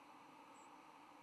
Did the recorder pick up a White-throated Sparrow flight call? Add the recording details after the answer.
no. Another species' flight call is heard. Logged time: 08:36 on 10 November 2014